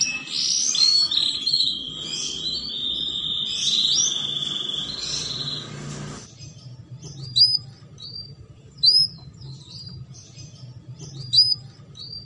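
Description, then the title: Belgian canary song with a sustained high whistled trill for about six seconds, followed by sparse short chirps every second or two. Belgian canary song used to warm up and stimulate canaries for mating. "Canto Para Esquentar Canário Belga. Pancingan Suara Kenari Kawin"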